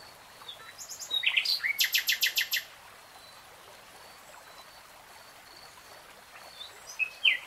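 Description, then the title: Nightingale song: scattered chips leading into a loud, pulsing trill of repeated notes, then a long quiet pause before a few high whistles. Nightingale singing in real time. "[Tiếng chim hót] 3 Hours REALTIME Nightingale Singing"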